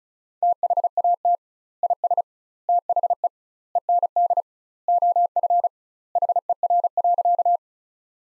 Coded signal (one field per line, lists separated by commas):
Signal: Morse code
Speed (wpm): 36 wpm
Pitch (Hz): 700 Hz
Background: none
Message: THAT IS THE END OF HER.